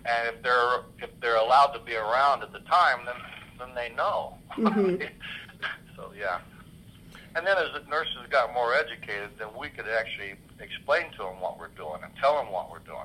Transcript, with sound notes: and if they're allowed to be around at the time, then they know. (laughs) So, yeah. And then as nurses got more educated, then we could actually explain to them what we're doing, and tell them what we're doing.